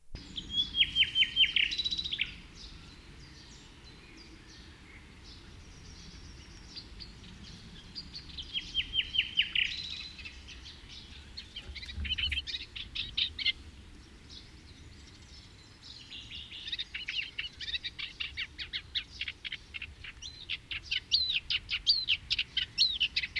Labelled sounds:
Eurasian Reed Warbler (Acrocephalus scirpaceus) song

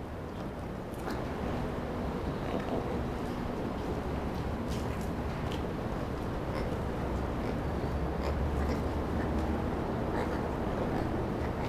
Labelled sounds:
Black-and-white Ruffed Lemur (Varecia variegata)

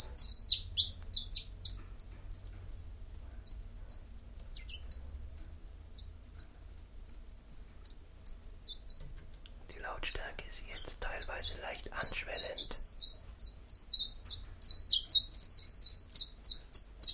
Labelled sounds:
Common Chiffchaff (Phylloscopus collybita) song

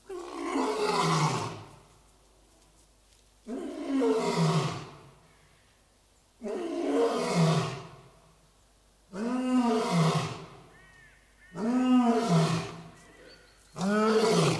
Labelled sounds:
Lion (Panthera leo) call

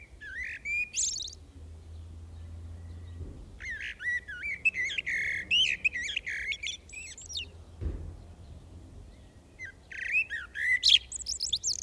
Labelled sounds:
Common Blackbird (Turdus merula) song

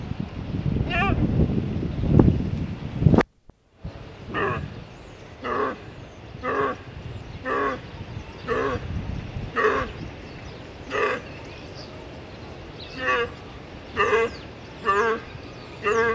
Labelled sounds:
Fallow Deer (Dama dama) call

